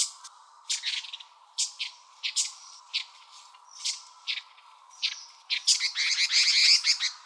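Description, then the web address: Long-tailed tit giving short, buzzy, high calls at irregular intervals, turning into a dense flurry of rapid notes near the end. 13 January 2015. "birdenaga sousityou 150113"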